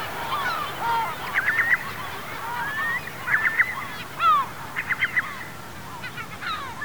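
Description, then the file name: Black guillemot calls: thin, stuttering whistles and short trilled runs over a constant loud rushing background noise. "Gryllteiste"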